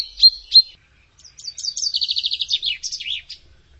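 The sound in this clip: Bird song: two sharp high chirps, a short pause, then a quick varied phrase of slurred notes and a fast rattling trill.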